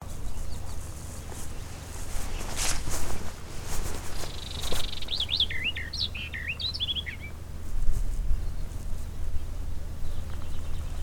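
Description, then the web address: Barred warbler giving a brief scratchy, chattering phrase of quick high notes midway through, over a steady low rumble of background noise. Recorded in Brandenburg, Germany, in 2012. "Brandenburg 2012 Sperwergrasmus"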